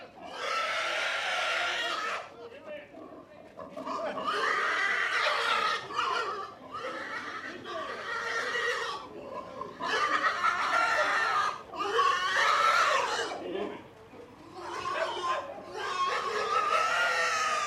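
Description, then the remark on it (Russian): A pig squeals loudly and shrilly during slaughter, its piercing cries coming in long, harsh bursts of a second or two, separated by brief gaps, for the whole stretch. “Зарубили свинью.”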